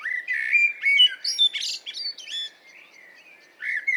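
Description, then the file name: Common blackbird song: one fluted, warbling phrase that breaks into high squeaks, a brief pause, then the start of another phrase. "Turdus merula"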